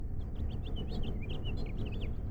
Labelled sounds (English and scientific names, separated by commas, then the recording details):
House Finch (Haemorhous mexicanus) song
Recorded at Oceanside on Long Island, New York, on 17 June 1975
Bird F